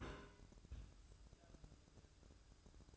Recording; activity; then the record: daily activity, microphone in the room; place on stove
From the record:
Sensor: 2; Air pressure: 1007.9 hPa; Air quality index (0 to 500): 108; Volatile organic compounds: 1 ppm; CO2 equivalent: 808 ppm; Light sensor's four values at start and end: 6/15/6/6 and 6/15/6/6